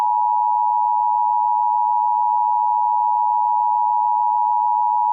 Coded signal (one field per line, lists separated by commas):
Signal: Emergency Alert System (SAME) tones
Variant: 853 and 960 Hz attention tone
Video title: |EAS Scenario: SCORPIUS REX| A Jurassic World EAS Scenario.